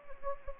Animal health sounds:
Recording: mosquito wingbeat signal from an infrared sensor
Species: Anopheles gambiae

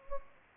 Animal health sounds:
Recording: mosquito wingbeat signal from an infrared sensor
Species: Anopheles gambiae

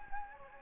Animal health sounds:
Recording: mosquito wingbeat signal from an infrared sensor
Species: Anopheles gambiae

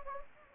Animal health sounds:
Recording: mosquito wingbeat signal from an infrared sensor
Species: Anopheles gambiae

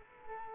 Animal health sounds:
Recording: mosquito wingbeat signal from an infrared sensor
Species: Culex quinquefasciatus

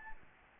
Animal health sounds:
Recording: mosquito wingbeat signal from an infrared sensor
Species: Aedes albopictus

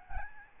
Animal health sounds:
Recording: mosquito wingbeat signal from an infrared sensor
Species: Aedes albopictus

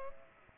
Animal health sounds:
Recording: mosquito wingbeat signal from an infrared sensor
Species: Culex pipiens

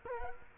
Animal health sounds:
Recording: mosquito wingbeat signal from an infrared sensor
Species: Culex quinquefasciatus

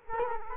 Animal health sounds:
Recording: mosquito wingbeat signal from an infrared sensor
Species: Culex quinquefasciatus

